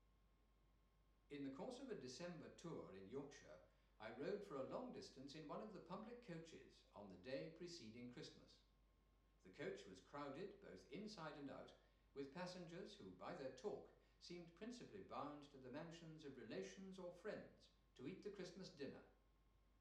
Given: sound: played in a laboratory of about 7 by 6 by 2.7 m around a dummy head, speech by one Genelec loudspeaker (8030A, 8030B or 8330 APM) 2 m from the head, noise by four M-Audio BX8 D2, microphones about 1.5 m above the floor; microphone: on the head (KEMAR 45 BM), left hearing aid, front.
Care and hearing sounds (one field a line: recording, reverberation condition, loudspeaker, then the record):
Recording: male speech in English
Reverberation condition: medium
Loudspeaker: 150 degrees to the left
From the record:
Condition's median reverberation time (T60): about 510 ms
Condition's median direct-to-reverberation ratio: about -0.5 dB